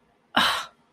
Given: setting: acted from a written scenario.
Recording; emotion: vocal sound without words; anger